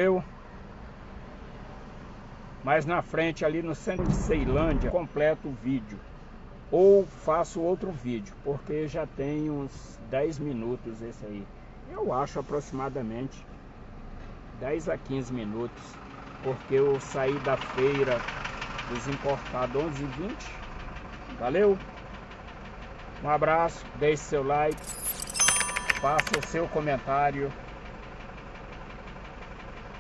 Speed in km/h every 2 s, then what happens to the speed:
0, 0, 0, 0, 0, 0, 0, 0, 0, 0, 0, 0, 0, 0, 0.
0-30 standing.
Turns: none.